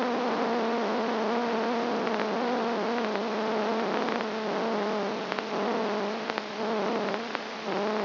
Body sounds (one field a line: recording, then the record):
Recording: brain microelectrode recording played as sound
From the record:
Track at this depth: inside the subthalamic nucleus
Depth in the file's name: 1.738 mm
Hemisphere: left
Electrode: 2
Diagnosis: Parkinson's disease